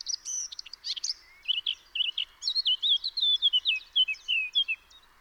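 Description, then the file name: Eurasian blackcap song, scratchy high chatter opening into a loud flowing series of clear whistled, warbling notes. "Sylvia atricapilla"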